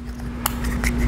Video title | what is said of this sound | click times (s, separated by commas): TUTORIAL - NIKON D5500 With AF-S DX NIKKOR 18-55mm f/3.5 - 5.6 G VR II - Most Asked Questions | twist and you don't let go until you hear that click that means it's now ready to go | 0.5 s